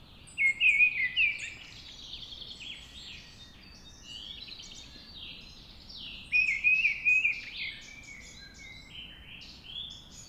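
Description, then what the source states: Mistle Thrush delivering two short warbled phrases several seconds apart, with a busy background of high chirps from other birds. Singing at dawn.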